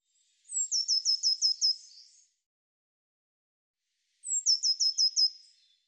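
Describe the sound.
Bird song: high-pitched repeated phrases of about six swift descending notes, given twice with a two-second pause.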